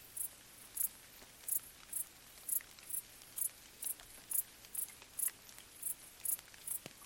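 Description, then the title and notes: Cricket stridulation, high chirps repeated steadily and regularly, with soft rain drips ticking on vegetation. Several crickets stridulating late on a summer night in gentle rain falling on vegetation, along an abandoned railway track in Bad Boll, Baden-Württemberg, nearby village silent. "Crickets in gentle summer rain. crickets stridulating late at night whilst gentle summer rain falls on the surrounding vegetation. abandoned railway track in Bad Boll, Baden-Württemberg. Colin Hunter. Music for Sleep"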